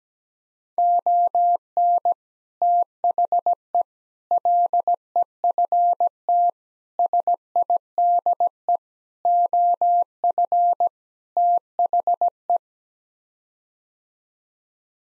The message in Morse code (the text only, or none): ON THE LEFT SIDE OF THE